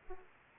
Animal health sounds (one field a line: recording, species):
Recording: mosquito wingbeat signal from an infrared sensor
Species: Aedes aegypti